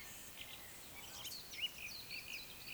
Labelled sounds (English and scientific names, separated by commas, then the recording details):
Eurasian Woodcock (Scolopax rusticola) whistle, Eurasian Woodcock (Scolopax rusticola) croak
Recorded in Baden-Württemberg, Germany, on 20 May 2021 at 19:14 UTC
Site 24606, 635 m above sea level